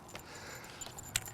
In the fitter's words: and it'll lock into place and then if you want to adjust it you just squeeze those and move it to one of the other positions